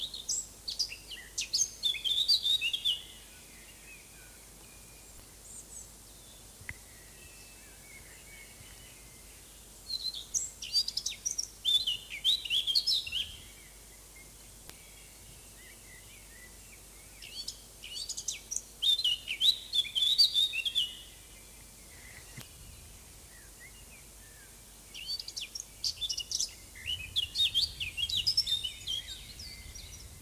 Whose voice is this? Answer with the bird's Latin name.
Sylvia atricapilla